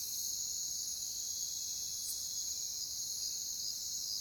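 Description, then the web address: Cricket chorus: a continuous shrill, high buzzing trill that holds even throughout, with a brief sharper chirp near the middle. Multiple crickets in a jungle setting. "Echoes of Nature - Jungle Talk Crickets"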